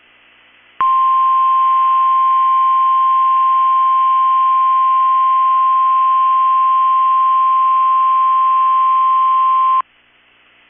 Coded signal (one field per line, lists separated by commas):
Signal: Emergency Alert System (SAME) tones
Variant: 1050 Hz attention tone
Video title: 6/7/23 - KEC65 Required Weekly Test (EAS #785)